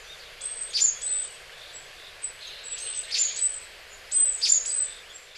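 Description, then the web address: Japanese tit giving short piercing high call notes in three bursts at uneven intervals, with faint thin tones and steady hiss behind. Recorded in Hyogo, Japan, in July. "koe sijuukara 2 0710 hyogo kaji"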